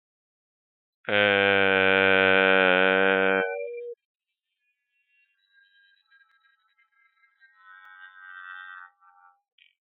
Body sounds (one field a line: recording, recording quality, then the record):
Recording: sustained vowel as in made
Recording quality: excellent, no background noise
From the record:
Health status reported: exposed to COVID-19, no respiratory illness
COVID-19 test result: not tested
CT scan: not taken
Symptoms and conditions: cough, fever, fatigue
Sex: male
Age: 35 years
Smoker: no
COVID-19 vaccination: none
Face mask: not worn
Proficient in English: yes